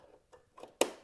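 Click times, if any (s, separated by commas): 0.8 s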